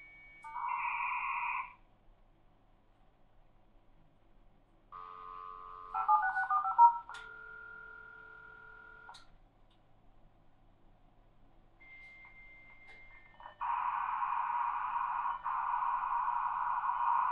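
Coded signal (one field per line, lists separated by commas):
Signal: dial-up modem handshake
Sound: two-tone bursts, warbling FSK chatter, steady high tone, then loud broadband hiss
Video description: The sound of dial-up at some of the most common speeds, including 300, 1200, 2400, 9600, 14,400, 33,600, and 56K.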